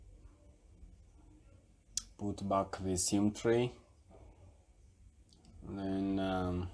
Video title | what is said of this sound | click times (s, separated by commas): Huawei Y7 2018 Full Screen Replacement | and then we make sure everything clicks into place | 2.0 s